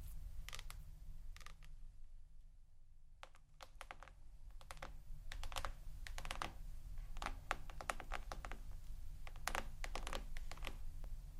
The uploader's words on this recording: ASMR Intoxicating Tapping New Triggers（No Talking）.